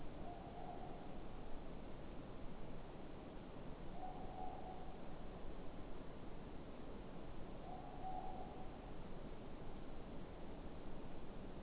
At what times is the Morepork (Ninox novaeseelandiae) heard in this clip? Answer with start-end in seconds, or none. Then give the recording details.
0.14-1.14, 3.87-4.99, 7.61-8.73. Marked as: faintness 3/5. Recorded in New Zealand. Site Eglinton